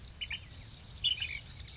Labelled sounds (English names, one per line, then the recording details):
Ash-throated Flycatcher
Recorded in Sonoma County, California